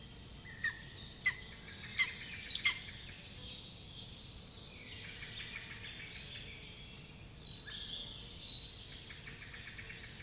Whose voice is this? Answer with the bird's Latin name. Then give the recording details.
Aquila pomarina. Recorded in the wild. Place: Klein-Mützkow, Mecklenburg-Vorpommern, DE. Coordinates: 54.309, 13.077. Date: 1975-05-18 08:00. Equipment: Nagra III BH, Sennheiser MD 21. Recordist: Schubert, Michael. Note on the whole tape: Schreiadler bei nachlassender Rufaktivität